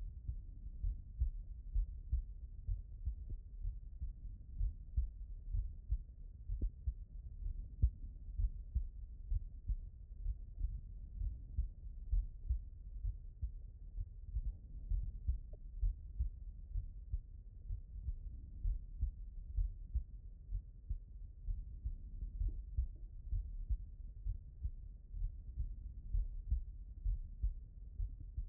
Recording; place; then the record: heart sounds by stethoscope; mitral valve (MV)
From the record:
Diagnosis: non-HFrEF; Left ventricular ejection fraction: 64%